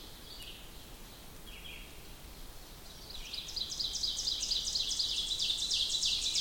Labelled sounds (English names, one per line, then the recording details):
Ovenbird song
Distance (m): 45 m
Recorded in boreal forest in Alberta, Canada, on 2 June 2016 at 07:39
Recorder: SongMeter 3, array SBT-3-7
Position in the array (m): 46 m, 152 m
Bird 4